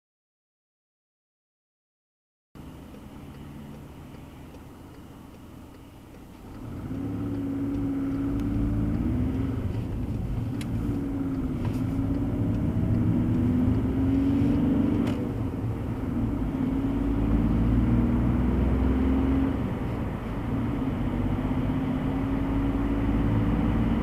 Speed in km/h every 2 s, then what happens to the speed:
0, 0, 0, 18, 25, 36, 46, 53, 66, 70, 79, 83.
0-4 standing. 4-21 pulls away to 83.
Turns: 5-12.